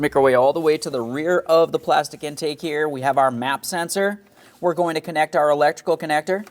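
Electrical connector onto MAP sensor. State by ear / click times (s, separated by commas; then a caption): not seated / none. Someone talks while getting ready to connect the electrical connector to the MAP sensor at the rear of the plastic intake on a 2015–2025 Ford Transit 250 with the 3.7L V6, with a short quiet gap near 4.3 seconds. The connector has not been pressed on, and nothing has seated or clicked yet.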